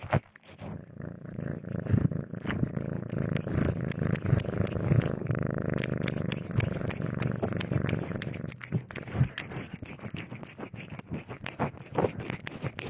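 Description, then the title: Cat purring, a dense low rumble for most, mixed with scattered clicks and rustles, then clicking continues after the purr fades. Domestic cat recorded eating, sleeping and playing; presented as sleep-aid white noise. "正经的猫片：猫咪进食、睡觉、玩耍的声音"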